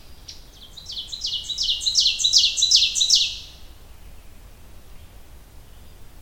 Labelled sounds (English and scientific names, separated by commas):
Ovenbird (Seiurus aurocapilla) song